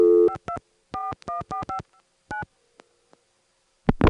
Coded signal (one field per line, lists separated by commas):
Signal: DTMF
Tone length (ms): 110 ms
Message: 52414559